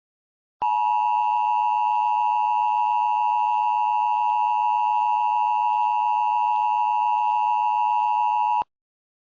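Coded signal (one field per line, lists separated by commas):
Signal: Emergency Alert System (SAME) tones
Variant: 853 and 960 Hz attention tone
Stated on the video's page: Recreation of a Flash Flood EAS alert, stated to use fully valid SAME tones.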